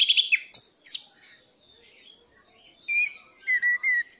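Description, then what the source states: Thrush song opening with loud chirps, a quiet stretch, then a series of clear, steady whistled notes repeated three or four times. Cage-bird song tutoring recording (masteran); bird described as gacor teler.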